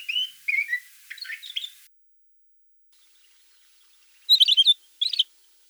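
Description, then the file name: Pine grosbeak sounding a run of varied whistled and chattering notes, then a pause before two quick bursts of bright call notes. "schur obyknovennyy golos"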